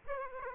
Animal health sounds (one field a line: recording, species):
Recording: mosquito wingbeat signal from an infrared sensor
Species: Aedes aegypti